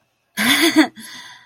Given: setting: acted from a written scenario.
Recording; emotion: vocal sound without words; triumph